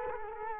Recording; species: mosquito wingbeat signal from an infrared sensor; Culex quinquefasciatus